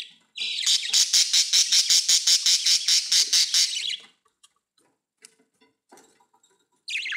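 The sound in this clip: Budgerigar producing a steady run of rapid harsh squawk pulses for about three and a half seconds, then quiet clicks and a final squawk burst.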